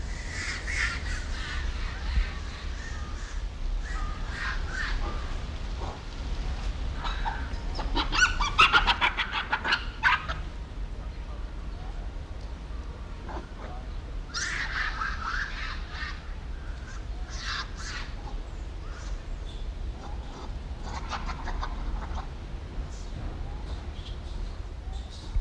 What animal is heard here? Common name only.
Japanese Macaque